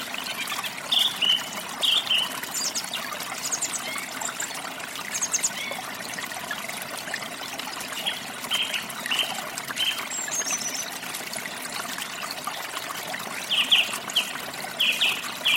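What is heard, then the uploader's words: Birds chirp in short bright bursts from the forest canopy, recurring every few seconds over a steady hiss like trickling water. Sounds of the forest with a chirping noise of a bird in the canopy.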